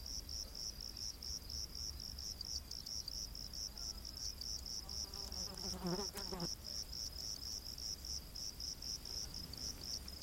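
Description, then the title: Crickets chirping in quick high pulses over a steady low rumble, with a brief buzzing sound near the middle. Crickets in a rainforest at night. "Crickets of the Rainforest 🌿. Exotic Insect Orchestra"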